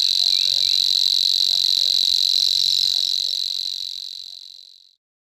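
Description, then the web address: Savi's warbler song, a steady, high, insect-like buzzing reel without breaks, fading out toward the end. "Madardalok Cd 3 Nádi tücsökmadár"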